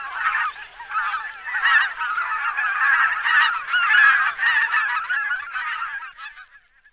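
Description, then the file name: Greater white-fronted goose flock calling, a dense continuous chorus of high yelping honks and cackles overlapping throughout, fading slightly at the end. "oca lombardella"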